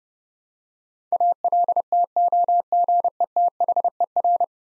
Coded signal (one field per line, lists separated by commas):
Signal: Morse code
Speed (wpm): 30 wpm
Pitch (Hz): 700 Hz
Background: none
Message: ALTOGETHER